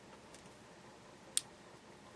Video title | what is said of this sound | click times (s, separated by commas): Replacing the Door Speaker Harness Connector in the 1990-2005 Miata | And it makes a little click when it actually is positively locked. | 1.4 s